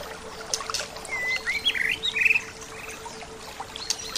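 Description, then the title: Bird song heard softly through a hissing background: a few clear gliding whistles and quick chirps in the middle, with a steady faint hum. "SuaraBurung Kicau"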